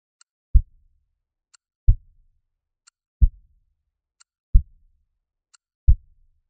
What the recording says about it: It's possible to hear a click when you're auscultating the heart sounds in a patient with a mechanical valve. A metallic click replaces S1, or the first heart sound, for a metallic mitral valve.